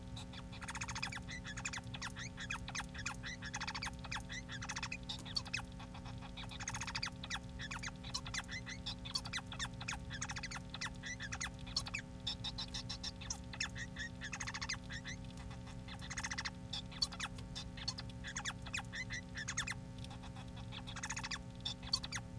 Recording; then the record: song of a male Bengalese finch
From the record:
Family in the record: son of father 4